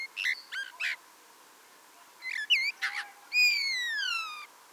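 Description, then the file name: Common blackbird calls, clipped squeaky notes and quick chirps, ending in a long clear whistle that slides steadily downward, with faint background hiss. "Turdus merula"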